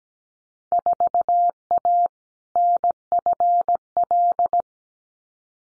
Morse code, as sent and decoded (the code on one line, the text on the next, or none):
....- .- / -. ..-. .-..
4A NFL